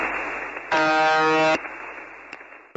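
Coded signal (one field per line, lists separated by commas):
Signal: channel marker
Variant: UVB-76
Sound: hiss of shortwave static broken by one harsh, low, rasping buzz under a second long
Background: radio static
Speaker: y esta señal se repite todo el tiempo y cuando la oí por primera vez me quedé estupefacto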